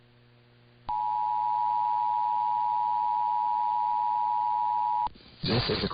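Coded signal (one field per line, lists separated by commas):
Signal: Emergency Alert System (SAME) tones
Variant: 853 and 960 Hz attention tone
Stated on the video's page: EAS Required Monthly Test.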